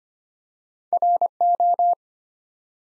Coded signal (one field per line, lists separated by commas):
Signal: Morse code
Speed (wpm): 25 wpm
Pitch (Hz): 700 Hz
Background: none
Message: RO